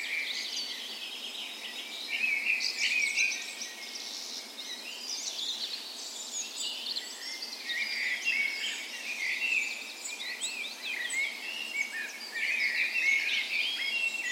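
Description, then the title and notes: Birds in a lively dawn chorus, layered warbles and rapid chirping. Dawn chorus in a park west of Bergen, Norway, on the morning of 17 May, Norway's National Day, in spring; recorded on a Sony PCM A10 with LOM micro Usi mics used as 'tree ears'. "17th Of May Dawn Chorus. Recorded on the morning of Norways National Day the 17th of May in a park west in Bergen. Spring is in full effect, and the dawn chorus sounds wonderful!"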